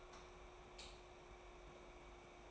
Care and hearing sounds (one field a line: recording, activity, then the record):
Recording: daily activity, microphone in the room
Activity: light off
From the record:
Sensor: 1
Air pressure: 991.0 hPa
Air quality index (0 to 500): 108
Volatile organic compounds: 94 ppm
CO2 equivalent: 3716 ppm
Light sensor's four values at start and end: 26/66/27/29 and 23/51/22/24